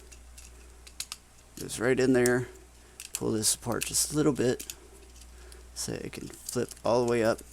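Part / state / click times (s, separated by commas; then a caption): plastic toy panels into the robot toy body / not seated / none. Someone talks while folding and handling the plastic panels of a transforming robot toy during its conversion, pulling parts apart slightly so a piece can flip up, with a few faint plastic ticks around 0.4–1.1 s and at 5.5 s. The panels have not yet snapped into place in the robot toy body; nothing has seated or clicked yet.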